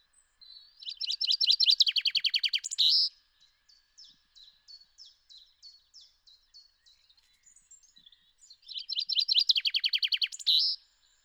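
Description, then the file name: Common chaffinch song: two loud rattling trills of descending notes, each ending in a brisk flourish, with a string of short, sharp call notes repeated between them. "Fringilla coelebs"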